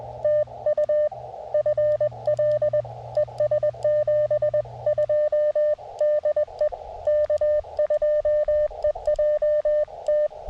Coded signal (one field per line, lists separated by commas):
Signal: Morse code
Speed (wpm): 21 wpm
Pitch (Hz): 590 Hz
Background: none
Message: TU FL ES 72 DE K2EJT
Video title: CW QRP POTA with the Elecraft KX2 and Tufteln Random Wire Antenna